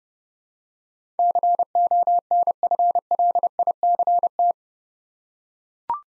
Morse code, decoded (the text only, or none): CONFLICT